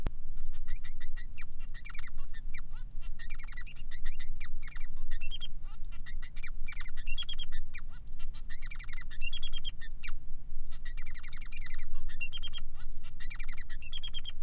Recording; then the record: song of a male Bengalese finch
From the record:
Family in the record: son of father 3